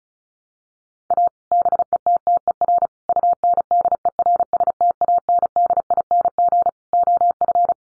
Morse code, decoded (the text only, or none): A BETTER UNDERSTANDING OF